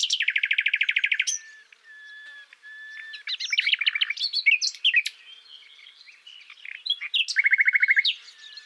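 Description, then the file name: Common nightingale song opening with a rapid pulsing trill, then mixed whistles and chirps, and ending in another fast repeated trill. "Luscinia megarhynchos"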